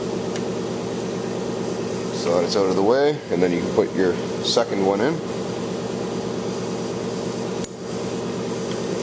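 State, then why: Seated. With the valve spring compressed, a second steel valve keeper (retainer lock) is placed on the valve stem while someone talks over a steady background hum. One short, sharp click at 7.6 s marks the keeper clipping into the valve stem groove, seated.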